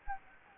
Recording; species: mosquito wingbeat signal from an infrared sensor; Anopheles gambiae